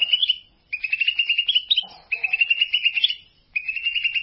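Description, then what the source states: Greater green leafbird song, a continuous run of fast warbling notes with quick rising and falling whistles, broken by a few short pauses. Singing of a champion songbird, local name cucak ijo.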